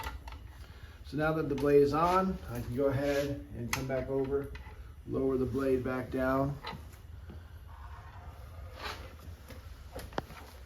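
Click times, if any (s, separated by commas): 10.1 s, 10.2 s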